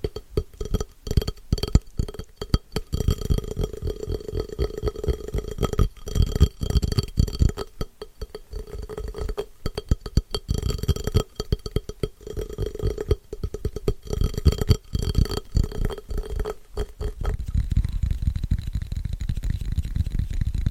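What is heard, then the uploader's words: Rapid, scratchy tapping runs through the whole clip, with dense bursts of quick strikes broken by short pauses. A low, rough rumble and a steady mid tone sit under the taps. After about 17 seconds the tapping blurs into a continuous scratching texture. ASMR Fast & Scratchy Tapping (No Talking).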